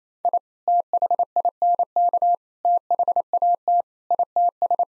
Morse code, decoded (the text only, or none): I THINK THAT ITS